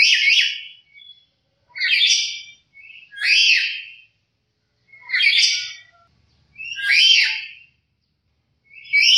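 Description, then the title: Black-capped lory screeching repeatedly, harsh buzzy squawks every couple of seconds, with short softer notes between some of them. "Nuri kepala hitam"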